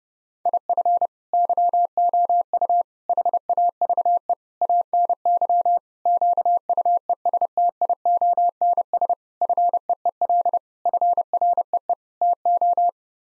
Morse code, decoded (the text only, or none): IF YOU HAVE ANY QUESTIONS FEEL FREE TO